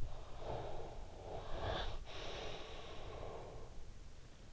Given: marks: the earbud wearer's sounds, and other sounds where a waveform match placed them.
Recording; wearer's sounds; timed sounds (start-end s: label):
sounds in sleep by an in-ear microphone; breath
0.27-3.96 s: breath